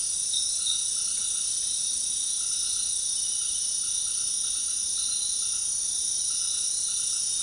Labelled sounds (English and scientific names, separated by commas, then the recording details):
none
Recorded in dense forest near Puerto Asís, Putumayo, Colombia, on 21 February 2024 at 18:30
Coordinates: 0.502, -76.324
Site G6370